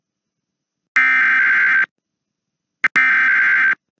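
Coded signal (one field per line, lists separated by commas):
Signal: Emergency Alert System (SAME) tones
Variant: header bursts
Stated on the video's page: Real IPAWS weekly tests for the Mountain and Pacific regions.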